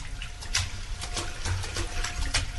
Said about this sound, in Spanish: En medio de la pausa que han dejado los cañones, entre el repique de las gotas sobre el charco, se distingue el trino inconsciente de un pájaro.